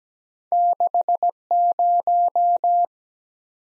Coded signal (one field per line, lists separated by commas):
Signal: Morse code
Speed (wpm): 17 wpm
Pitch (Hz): 700 Hz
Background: none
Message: 6 0